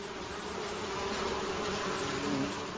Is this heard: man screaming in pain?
no